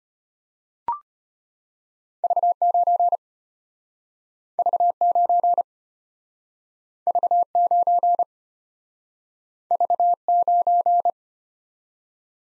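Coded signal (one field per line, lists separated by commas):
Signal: Morse code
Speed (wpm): 31 wpm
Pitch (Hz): 700 Hz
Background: none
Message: V9 V9 V9 V9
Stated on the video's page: Morse practice of two-character letter-number combinations, starting fast and slowing to a 25 wpm base, with a final repeat at maximum speed.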